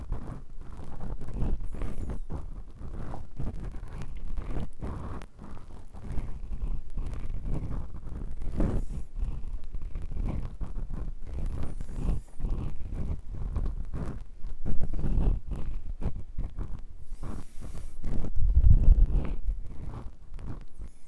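Ear cleaning: a dense, continuous run of soft scratching and rubbing strokes, low and muffled, with many quick clicks and brief gaps. The scraping grows heavier and louder around fifteen seconds and again near nineteen seconds.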